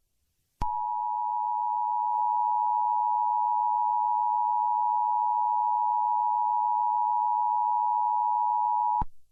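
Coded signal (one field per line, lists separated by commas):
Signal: Emergency Alert System (SAME) tones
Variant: 853 and 960 Hz attention tone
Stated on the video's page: Fictional simulated EAS scenario of a western earthquake disaster, using valid EAS tones.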